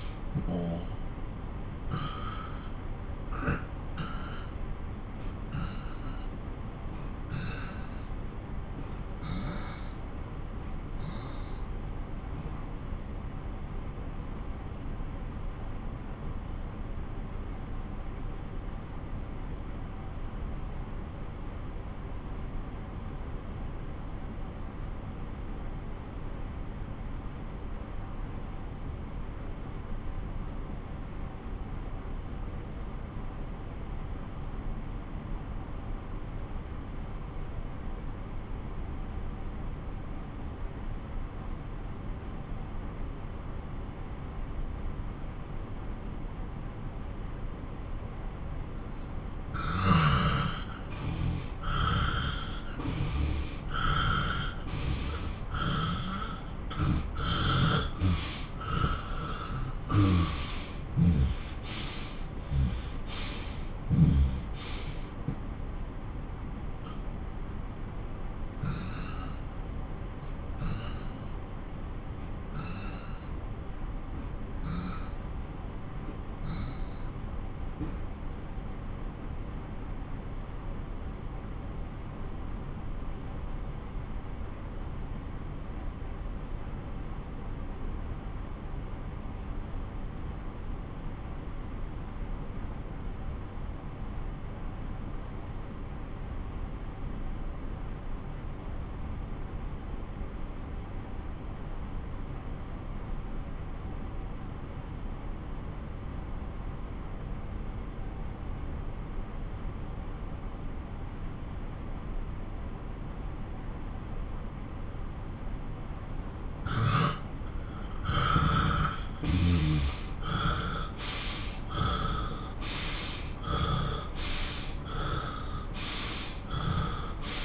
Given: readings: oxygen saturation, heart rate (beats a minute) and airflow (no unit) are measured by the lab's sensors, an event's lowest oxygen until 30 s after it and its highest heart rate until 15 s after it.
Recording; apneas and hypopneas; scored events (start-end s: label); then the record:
breathing in sleep by a smartphone at the bedside; 2
7.00-57.10 s: obstructive apnea (N1, oxygen 96% highest, then 88% lowest)
25.00-55.00 s: new sleep stage, N2 (light sleep)
55.00-85.00 s: new sleep stage, N1 (lightest sleep)
63.00-117.30 s: obstructive apnea (N1, oxygen 96% highest, then 88% lowest)
85.00-115.00 s: new sleep stage, N2 (light sleep)
115.00-127.45 s: new sleep stage, N1 (lightest sleep)
From the record:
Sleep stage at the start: N1 (lightest sleep); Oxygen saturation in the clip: 88 to 96%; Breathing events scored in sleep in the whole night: 217 in 6.3 hours asleep